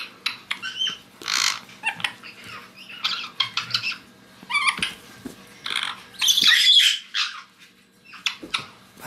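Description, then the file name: White-bellied caique chick calling in rapid harsh squawks and rasping chirps, short bursts repeated with brief pauses. Chick in a playful, excited mood. "ptenec ryzegolovogo kaika razygralsya"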